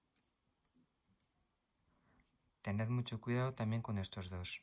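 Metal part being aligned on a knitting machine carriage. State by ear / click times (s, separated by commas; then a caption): not seated / none. A metal part is handled and lined up on a Brother knitting machine carriage during cleaning and repair, with its protruding metal parts aligned so they match and the part fits correctly. Only faint ticks are heard while it is handled, the sharpest at about 0.7 s, and from about 2.6 s someone talks. Nothing has seated or clicked yet.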